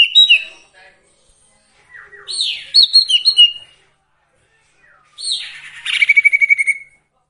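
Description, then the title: Sirtu song of three phrases, each of quick chirps and whistles; the last ends in a rapid, regular trill. Varied song used for training songbirds. "Masteran Sirtu Full Variasi"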